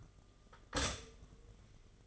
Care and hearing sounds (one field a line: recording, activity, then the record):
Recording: daily activity, microphone in the room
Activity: stop toaster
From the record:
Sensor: 4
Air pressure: 1005.0 hPa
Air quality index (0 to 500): 189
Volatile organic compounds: 6 ppm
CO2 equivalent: 1850 ppm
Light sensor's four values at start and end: 18/61/23/21 and 17/57/21/20